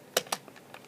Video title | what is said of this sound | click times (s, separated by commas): TFA Reviews: Energon Igniter Barricade | you're just going to put it in until you hear a nice click, | 0.2 s